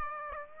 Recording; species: mosquito wingbeat signal from an infrared sensor; Aedes aegypti